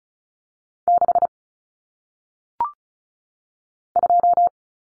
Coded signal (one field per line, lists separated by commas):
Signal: Morse code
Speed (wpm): 35 wpm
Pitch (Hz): 700 Hz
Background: none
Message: 6 2